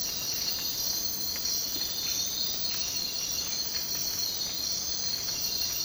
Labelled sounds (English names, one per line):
none